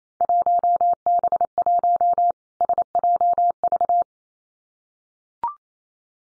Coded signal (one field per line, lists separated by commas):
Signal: Morse code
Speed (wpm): 28 wpm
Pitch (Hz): 700 Hz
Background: none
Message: 1B1 SJV